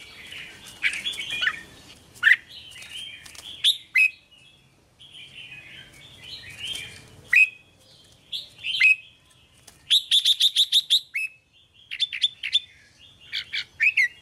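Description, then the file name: Red-whiskered bulbul delivering a long stretch of jumbled chirping phrases, punctuated by sharp downslurred notes and a fast string of metallic chips around ten seconds. Song of the 'hót chè' style. "Tieng chao mao hot che"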